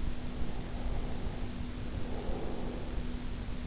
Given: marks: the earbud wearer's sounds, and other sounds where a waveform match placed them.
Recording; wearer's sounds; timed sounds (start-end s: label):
sounds in sleep by an in-ear microphone; breath
0.24-3.29 s: breath